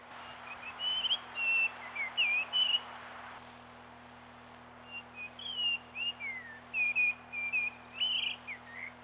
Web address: birdsong 25 05 94 gularis 18 XII